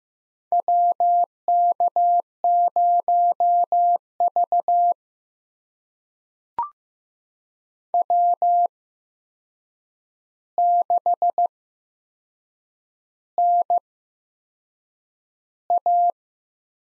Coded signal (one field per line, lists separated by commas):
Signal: Morse code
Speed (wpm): 15 wpm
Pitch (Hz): 700 Hz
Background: none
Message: WK0V W6NA